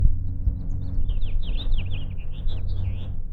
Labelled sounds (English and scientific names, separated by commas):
House Finch (Haemorhous mexicanus) song